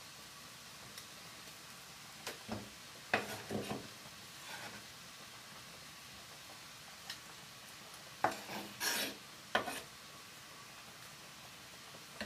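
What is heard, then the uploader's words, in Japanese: Batch cooking for lunchboxes: a low steady hiss under scattered clinks and scraping stirs, with sharp bursts near three and nine seconds. 環境音 弁当用につくりおき。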